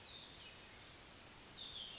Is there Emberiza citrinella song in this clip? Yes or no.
no